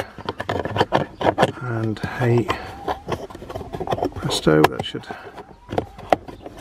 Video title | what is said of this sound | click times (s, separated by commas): How to install a dash cam in Mini 2014 onwards F56 3rd Generation | clip back in, nice click. | 6.1 s